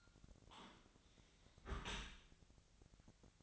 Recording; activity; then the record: daily activity, microphone in the room; close dishwasher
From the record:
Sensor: 3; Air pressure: 1003.1 hPa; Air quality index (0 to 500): 195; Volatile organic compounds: 6 ppm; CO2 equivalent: 1907 ppm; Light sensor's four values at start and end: 21/51/22/23 and 21/52/22/23